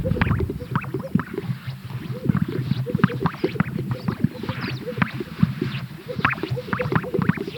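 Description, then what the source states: Greater sage-grouse: a thick stream of deep bubbling pops and wet plopping notes throughout. At a lek.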